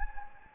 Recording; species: mosquito wingbeat signal from an infrared sensor; Anopheles gambiae